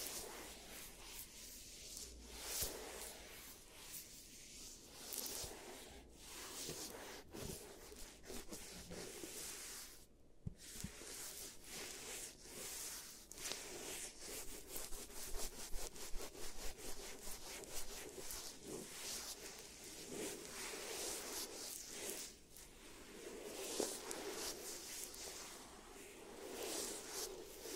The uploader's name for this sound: Giant Teeth Treatment, Fixing Your Cavities